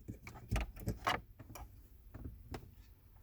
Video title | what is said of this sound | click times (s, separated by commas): 8" to 10" Factory Touchscreen Upgrade Conversion - 2020+ Ford Explorer | and push it in until it clicks in, and tuck the other cable back out of the way. | 0.3 s